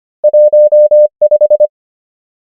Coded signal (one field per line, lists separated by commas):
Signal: Morse code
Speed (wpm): 25 wpm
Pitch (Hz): 600 Hz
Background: none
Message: 1 5